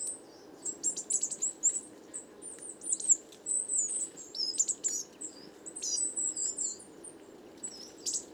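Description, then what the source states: Coal tit flock twittering, a busy stream of thin, very high calls and quick sliding notes from many birds, steady faint hum below. Roving flock of more than 50 Coal tits, evening, 29 September 2019, Les Casses, Drôme; recorded in mono with a Wildtronic parabolic reflector, whose weight caused heavy handling noise.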